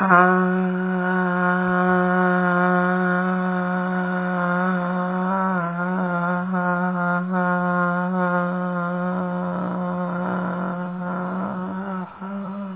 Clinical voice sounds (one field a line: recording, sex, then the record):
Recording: sustained vowel /a/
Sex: female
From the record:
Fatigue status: fatigue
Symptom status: symptomatic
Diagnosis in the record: COVID-19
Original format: 3gp